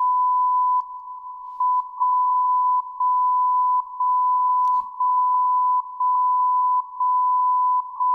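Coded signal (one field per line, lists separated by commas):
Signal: radio time signal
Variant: WWVB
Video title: Airspy HF+ Discovery SDR with YouLoop Passive Loop Antenna WWVB @ 60 kHz from Fort Collins Colorado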